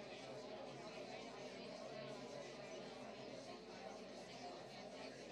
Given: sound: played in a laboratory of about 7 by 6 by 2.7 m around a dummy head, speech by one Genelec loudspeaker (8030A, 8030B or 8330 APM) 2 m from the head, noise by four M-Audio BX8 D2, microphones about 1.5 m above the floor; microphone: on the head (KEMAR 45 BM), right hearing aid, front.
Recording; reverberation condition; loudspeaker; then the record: babble noise; low; four, about 170 cm from the corners of the room and facing them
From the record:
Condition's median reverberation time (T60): about 310 ms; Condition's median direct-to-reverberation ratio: about 3.5 dB